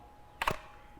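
Pressing the side release on the plastic nozzle of a Tyler 2-in-1 handheld cordless vacuum cleaner, to take the nozzle off the vacuum body, gives two quick, sharp clicks at 0.4 s and 0.5 s against a quiet background. The release catch clicks open and the nozzle is released.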